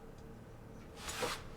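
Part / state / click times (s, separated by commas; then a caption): plastic handle fitting onto the dovetail joint of a transforming robot toy / not seated / none. A plastic carrying handle is being fitted onto the dovetail clip of a tiny cassette-player transforming robot toy. Quiet handling gives way to a brief broadband rustle and scrape of plastic around 1.0 to 1.4 seconds. Nothing has seated or clicked yet.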